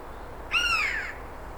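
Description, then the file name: Eurasian jay uttering a single mewing note, a smooth harmonic call that arches slightly and then slides downward, lasting about half a second. "Garrulus glandarius"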